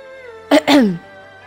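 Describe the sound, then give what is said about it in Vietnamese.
A dry cough from outside: two quick rasping bursts, the second longer and sliding down in pitch, standing out over a low, steady background tone. “Lúc này, bên ngoài lại truyền đến một tiếng ho khan.”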